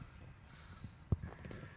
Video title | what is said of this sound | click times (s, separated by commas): How to replace a 2006 mazda tribute escape mariner fuel pump | and then go set in the assembly, and it'll just snap right down there, right back into place. | 1.1 s